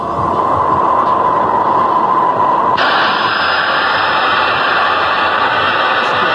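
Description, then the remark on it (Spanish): A car drives along with a loud, steady roar of engine and road noise. Partway through, the sound brightens and a high, thin whine joins the constant rumble. No one speaks. “Si acelero, acelera también. Tengo un coche.”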